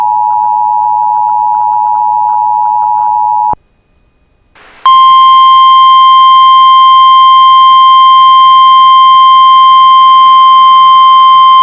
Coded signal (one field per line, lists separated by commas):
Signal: Emergency Alert System (SAME) tones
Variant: 853 and 960 Hz attention tone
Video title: [EAS Compilation] 2025 Minnesota Statewide Tornado Drill Emergency Alert System Tests